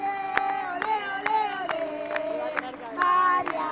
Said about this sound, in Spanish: Un aplauso, ah, chicos, ya, sí, que no se corte el aplauso. Lo aplaudamos todo el día hoy.